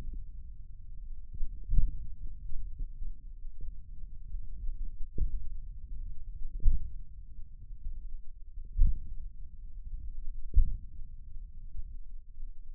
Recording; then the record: forearm muscle sounds (acoustic myography)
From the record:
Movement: index flexion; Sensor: system 1, eight BSWA MPA416 microphones around the upper forearm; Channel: 8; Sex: male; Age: 28 years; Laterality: right